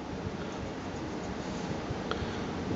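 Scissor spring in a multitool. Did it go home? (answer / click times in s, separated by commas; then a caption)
yes / 2.1 s. The weak spring on the scissors of a metal Leatherman Wingman multitool is fiddled with against a steady broadband background hiss. A single sharp click sounds at 2.1 s as the spring engages and the scissors lock into place.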